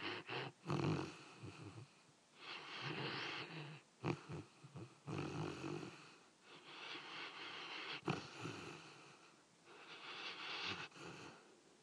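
Rhythmic, rattling snores come in long breaths about every two to three seconds, some with a brief snort or whistly edge. A sleeping dog snoring, the noisy vibration of the upper airway during sleep.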